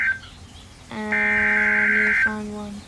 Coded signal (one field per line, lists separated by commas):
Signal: Emergency Alert System (SAME) tones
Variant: header bursts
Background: speech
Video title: Snow Squall Warning On Station WXL38 (Binghamton, NY) EAS #146